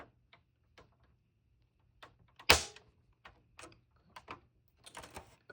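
A pick is moved to the next plastic snap clip holding an Xbox 360 console casing panel and pried until the clip releases with a loud click at 2.5 s. Quieter scrapes and taps follow as someone talks, and the clip is released.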